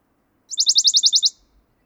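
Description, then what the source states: Western Bonelli's warbler: a single crisp trill of fast, evenly spaced high notes that stops abruptly after less than a second; otherwise quiet. Song; recorded by Fernand Deroussen.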